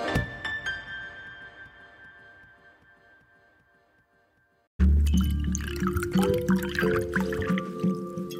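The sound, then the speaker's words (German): A ringing tone fades away into silence, then tap water gushes loudly into a glass in an old-building apartment in Berlin-Moabit, a steady splashing pour whose pitch shifts as the glass fills. “bekommt als erstes ein Glas Wasser.”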